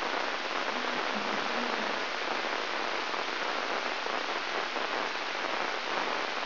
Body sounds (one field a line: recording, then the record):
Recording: brain microelectrode recording played as sound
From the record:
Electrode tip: inside the subthalamic nucleus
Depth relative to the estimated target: -1 mm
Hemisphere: right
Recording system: AlphaMap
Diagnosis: Parkinson's disease